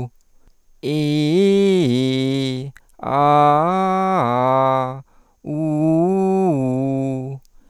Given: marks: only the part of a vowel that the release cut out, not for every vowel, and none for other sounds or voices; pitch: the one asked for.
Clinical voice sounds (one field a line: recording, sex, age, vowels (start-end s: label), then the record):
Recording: sustained vowels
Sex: male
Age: 40 to 49 years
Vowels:
0.90-2.50 s: vowel /i/, low-high-low pitch
3.16-4.82 s: vowel /a/, low-high-low pitch
5.59-7.13 s: vowel /u/, low-high-low pitch
From the record:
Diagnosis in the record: contact pachydermia, hypofunctional dysphonia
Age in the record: 49 years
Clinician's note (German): Ohne Kontaktpachydermie bei primär hypofunktioneller Dysphonie mit sekundär hyperfunktioneller Kompensation